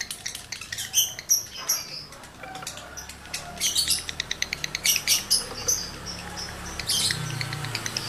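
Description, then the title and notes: Lovebird chattering song of fast clicks and thin high squeaks, building into quick ticking runs with brief shrill bursts between them. Male lovebird in breeding condition, singing; used to stimulate other lovebirds into singing. "Birahi Lovebird Jantan ke Gacor. Pancingan Suara Lovebird jantan birahi ini sangat manjur untuk burung Lovebird Anda"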